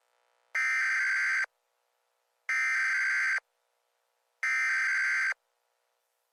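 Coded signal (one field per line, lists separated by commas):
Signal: Emergency Alert System (SAME) tones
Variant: header bursts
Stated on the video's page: This is a fictional EAS mock.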